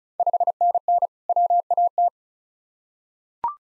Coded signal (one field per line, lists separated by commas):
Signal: Morse code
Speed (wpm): 36 wpm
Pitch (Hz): 700 Hz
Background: none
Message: 5NN WAT